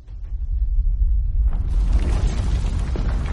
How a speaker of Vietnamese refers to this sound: Bầu trời lại nổ vang một trận, cuồng loạn điên đảo, cuốn phăng hết đất đá cát bụi bay lên, tạo thành một vùng xoáy nguy hiểm.